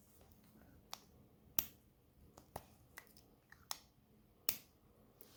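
A Sheaffer Legacy II Oblique fountain pen in black lacquer has its cap pushed onto the front section, where a click ring holds it, and the cap is put on more than once. Sharp clicks come through quiet background noise, with the two strongest at 1.6 s and 4.5 s as the cap clicks into place. The cap is seated securely so the ink stays wet.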